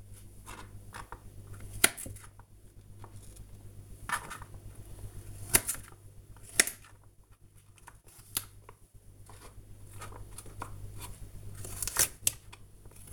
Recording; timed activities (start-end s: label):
household activities, microphone on the right wrist
0.00-13.13 s: cutting vegetables